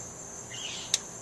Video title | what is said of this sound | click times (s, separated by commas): 1991 Jeep Wrangler YJ tune up | it snapped there. | 0.9 s